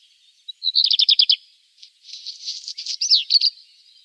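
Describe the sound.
Bird song in two bursts: a rapid series of high chirping notes, then a fuller chattering phrase ending in quick descending slurred whistles.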